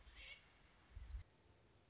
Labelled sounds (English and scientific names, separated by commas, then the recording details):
American Robin (Turdus migratorius)
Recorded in Sonoma County, California